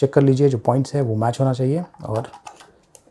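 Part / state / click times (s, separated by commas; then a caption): battery into 360 camera body / seated / 3.0 s. A battery is pushed into the body of an Insta360 One X2 360 action camera after its contact points are lined up, and it locks in. Someone talks through most of the clip, then after a few faint handling sounds a sharp click is heard at 2.9 s as the battery seats.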